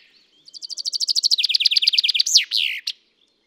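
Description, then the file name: Common chaffinch song: a quiet note, then a long run of many repeated chips that drop slightly in pitch, finished by a loud sweeping flourish and a last sharp note. "Fringilla coelebs"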